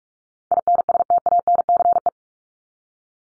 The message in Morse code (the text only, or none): INSTANCE